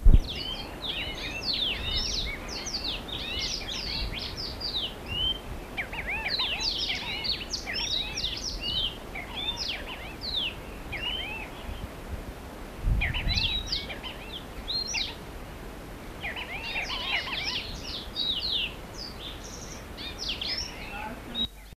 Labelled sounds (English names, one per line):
Black-throated Canary call